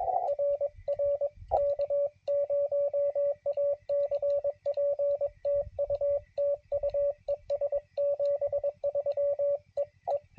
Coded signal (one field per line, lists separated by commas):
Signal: Morse code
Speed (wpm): 21 wpm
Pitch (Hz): 560 Hz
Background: radio noise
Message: RR K0ACP TU TU ES 73 EE